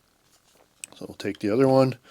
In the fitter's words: that and then it just clicks into place like that